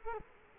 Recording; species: mosquito wingbeat signal from an infrared sensor; Culex quinquefasciatus